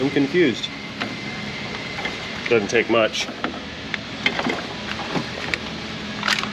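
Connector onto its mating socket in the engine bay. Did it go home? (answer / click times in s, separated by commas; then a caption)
no / none. While working on the power steering pump of a 2006 Pontiac Montana, a plug-in connector is pushed toward its mating socket in the engine bay amid someone talking and short sharp taps and scrapes. The connector will not go on, and nothing has seated or clicked yet.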